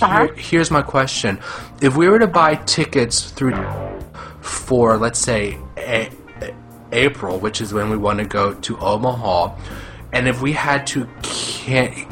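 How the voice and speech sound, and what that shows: Adult male who stutters speaking on a telephone call to an airline. His speech is stuttered, with prolonged sounds and pauses breaking up his phrases.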